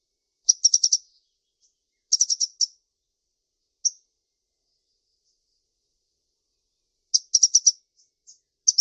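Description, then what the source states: Brown-throated sunbird delivering short, fast bursts of high, sharp notes separated by pauses, with a lone chip between them. Local Indonesian name Kolibri Kelapa; described as gacor, meaning actively and persistently singing.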